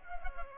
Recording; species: mosquito wingbeat signal from an infrared sensor; Culex pipiens